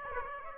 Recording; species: mosquito wingbeat signal from an infrared sensor; Aedes aegypti